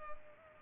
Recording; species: mosquito wingbeat signal from an infrared sensor; Culex pipiens